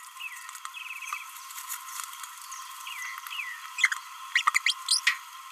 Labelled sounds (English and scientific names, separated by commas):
Green-rumped Parrotlet (Forpus passerinus) babbling